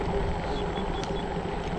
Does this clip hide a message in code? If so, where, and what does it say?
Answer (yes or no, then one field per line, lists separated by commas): no